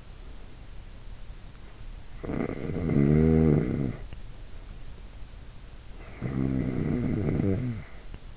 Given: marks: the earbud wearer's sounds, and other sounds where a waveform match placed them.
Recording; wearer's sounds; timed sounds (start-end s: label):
sounds in sleep by an in-ear microphone; snoring breath
2.03-4.37 s: snoring breath
6.03-8.37 s: snoring breath